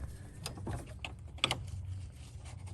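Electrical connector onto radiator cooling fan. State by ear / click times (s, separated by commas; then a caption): not seated / none. Plastic electrical connectors are slid back onto the electric radiator cooling fan of a 2015+ GM Yukon, Tahoe, Silverado, Sierra, Suburban or Escalade and pushed up toward their latch. Brief handling taps occur near 0.5 s and 1.0 s, with a sharper pair of short hits around 1.4 s and 1.5 s over a low background rumble. Nothing has seated or clicked yet.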